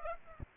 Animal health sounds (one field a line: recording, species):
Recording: mosquito wingbeat signal from an infrared sensor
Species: Aedes aegypti